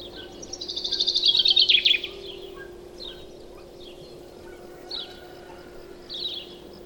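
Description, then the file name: Common chaffinch song, a rapid rattling run of notes that drops and ends in a flourish, followed by scattered soft notes against a constant low hum. "Fringilla coelebs"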